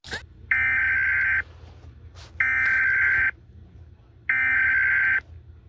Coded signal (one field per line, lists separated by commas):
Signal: Emergency Alert System (SAME) tones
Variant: header bursts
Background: speech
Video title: EAS Scenario- The Thumbnail copy from kids websites